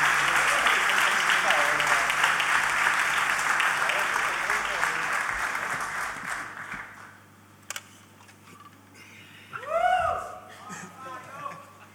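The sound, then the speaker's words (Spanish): An audience at a blues festival applauds to welcome a guest blues musician, a dense, steady wash of clapping that gradually fades out over several seconds, followed by a short pause and then a man's voice speaking briefly. “Mantengamos los aplausos, vamos a darle la bienvenida, un honor para nosotros estar acá y decirle que venga a compartir con nosotros un temazo al señor”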